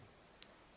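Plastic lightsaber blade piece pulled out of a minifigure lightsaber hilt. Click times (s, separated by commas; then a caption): 0.4 s. A red plastic lightsaber blade piece is pulled out of a minifigure lightsaber hilt. New blades are hard to remove. Over a quiet background, a single sharp pop at 0.4 seconds marks the blade coming free, and it is released.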